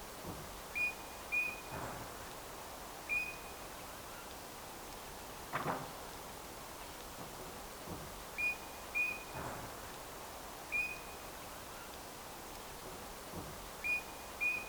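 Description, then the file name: Eurasian bullfinch producing gentle, short level whistles, sometimes paired, recurring every few seconds for about eight notes, over a constant low rumble with a few soft knocks. "Pyrrhula pyrrhula"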